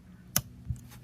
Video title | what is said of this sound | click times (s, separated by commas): NGT Performance K5 intake install. | there's that click i was telling you guys about earlier | 0.4 s